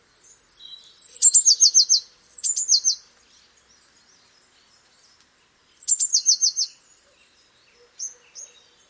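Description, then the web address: Eurasian blue tit song: three bursts of high opening notes and a fast downslurred trill, with faint other bird calls between. "cianscape birddata Deverinetal 2025 File origin Bird Only Cy Ca"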